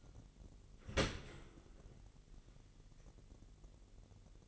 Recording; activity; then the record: daily activity, microphone in the room; open dishwasher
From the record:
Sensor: 4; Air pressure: 999.1 hPa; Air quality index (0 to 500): 122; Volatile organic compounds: 2 ppm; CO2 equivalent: 1199 ppm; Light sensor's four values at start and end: 8/19/7/8 and 7/17/7/7